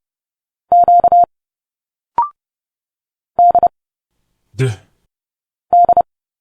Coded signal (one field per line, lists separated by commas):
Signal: Morse code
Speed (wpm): 30 wpm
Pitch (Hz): 700 Hz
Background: speech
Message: Q D D